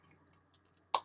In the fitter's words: you can get the lid off as you heard it pop, so it's airtight.